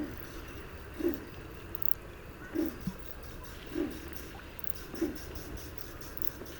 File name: hazi galamb hangja